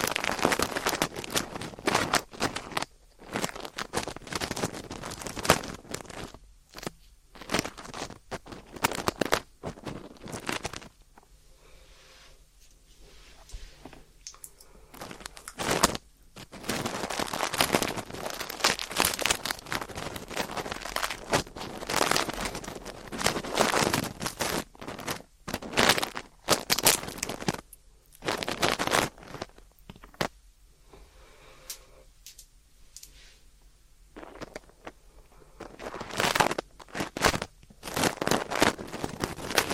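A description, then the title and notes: Ear cleaning: dense crackling, rustling scrapes and crunchy clicks arrive in busy bursts, separated by short near-silent pauses. A longer quiet stretch comes around the tenth to fifteenth second, then the scratching resumes and continues unevenly to the end. ASMR 자극주의 따끔따끔 3dio 귀청소 | ear cleaning.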